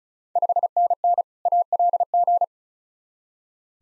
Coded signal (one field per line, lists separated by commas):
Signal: Morse code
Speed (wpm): 34 wpm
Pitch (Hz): 700 Hz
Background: none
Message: 5NN ALG